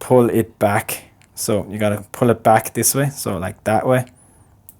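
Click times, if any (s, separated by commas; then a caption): 4.7 s. Someone talks while pulling back the lever of a ratchet-type quick-release mount on a red dot sight to free it from a rifle rail. A single sharp click is heard at 4.7 seconds as the lever clicks open and the mount releases, since otherwise the ratchet will not let go.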